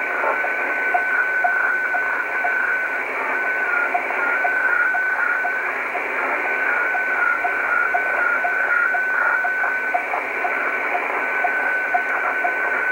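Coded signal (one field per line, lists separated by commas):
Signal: weather fax (radiofax)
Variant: 120 lines per minute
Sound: hissy radio noise with a steady whistle-like tone and soft ticks twice per second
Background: radio static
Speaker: this is very weird because 20 M BAND is not a place for hfx transmissions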